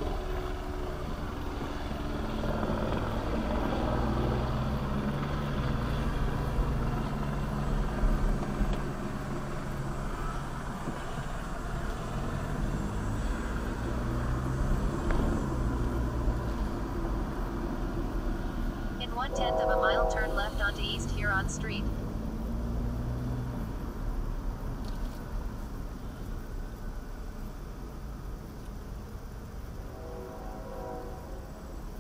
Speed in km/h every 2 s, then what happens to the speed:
6, 6, 19, 24, 18, 5, 8, 19, 24, 13, 8, 15, 18, 10, 5, 3.
2-5 speeds up to 24. 7-10 brakes to 5. 11-16 speeds up to 24. 16-19 brakes to 8. 24-32 slows to 3.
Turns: none.